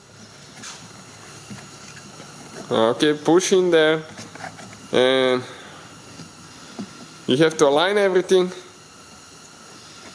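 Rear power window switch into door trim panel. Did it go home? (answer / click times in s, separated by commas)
no / none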